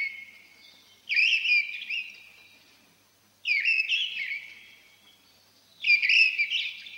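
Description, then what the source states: Mistle Thrush song: three loud, fluting warbled phrases about a second long, separated by pauses of about one and a half seconds. Old pine forest; occasionally heard, described as a beautiful song.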